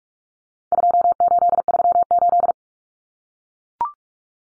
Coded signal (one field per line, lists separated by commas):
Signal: Morse code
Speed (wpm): 44 wpm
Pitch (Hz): 700 Hz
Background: none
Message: 2838